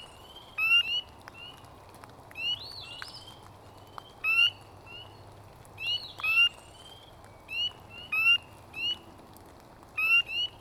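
A spring night soundscape in Ontario carries a repeated bright call, short paired chirps sounding about every second or two, with a softer trilling note now and then. Beneath them runs a steady low rumble and faint hiss throughout.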